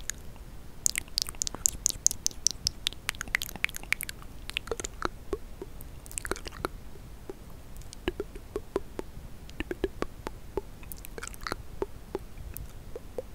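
Mouth sounds: wet clicks, smacks and squishy chewing noises. A dense burst of sharp clicks fills the first four seconds, then the pops come more sparsely, with another cluster around six seconds and scattered smacks later. A low soft hiss runs underneath throughout.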